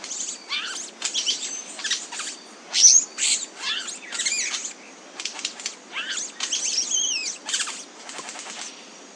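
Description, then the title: Chestnut-bellied euphonia song: a busy stream of high buzzy notes, short clicks and thin slurred whistles, delivered in bursts with brief gaps. "LuckyPassaro Completos2Sama. Chestnut-bellied Euphonia (Euphonia pectoralis)"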